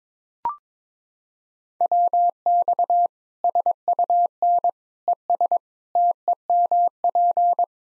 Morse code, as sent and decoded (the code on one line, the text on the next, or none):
.-- -..- / ... ..- -. / . ... / - . -- .--.
WX SUN ES TEMP